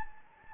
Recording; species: mosquito wingbeat signal from an infrared sensor; Anopheles gambiae